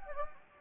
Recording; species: mosquito wingbeat signal from an infrared sensor; Anopheles gambiae